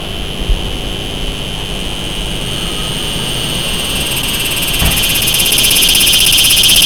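Cicada song, a steady high buzzing drone with a pulsing texture that grows louder toward the end, over low background rumble.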